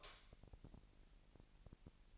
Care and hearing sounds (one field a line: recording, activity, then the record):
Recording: daily activity, microphone in the room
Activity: light off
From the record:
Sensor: 5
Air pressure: 1002.0 hPa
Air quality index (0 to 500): 228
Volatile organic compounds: 31 ppm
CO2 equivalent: 2981 ppm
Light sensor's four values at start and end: 15/36/15/16 and 15/36/15/16